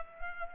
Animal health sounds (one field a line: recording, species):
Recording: mosquito wingbeat signal from an infrared sensor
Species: Culex pipiens